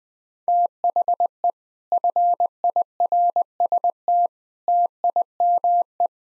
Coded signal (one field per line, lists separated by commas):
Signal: Morse code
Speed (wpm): 20 wpm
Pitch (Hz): 700 Hz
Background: none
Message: THE FIRST TIME